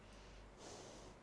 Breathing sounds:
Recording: one breath in and out by a microphone near the nose and mouth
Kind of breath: normal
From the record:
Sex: female

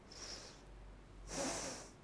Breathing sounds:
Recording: one breath in and out by a microphone near the nose and mouth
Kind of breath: deep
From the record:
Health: marked as sick, illness not named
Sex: female

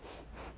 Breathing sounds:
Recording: one breath in and out by a microphone near the nose and mouth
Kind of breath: strong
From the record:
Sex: female

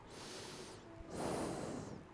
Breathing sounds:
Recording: one breath in and out by a microphone near the nose and mouth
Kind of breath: normal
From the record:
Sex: male

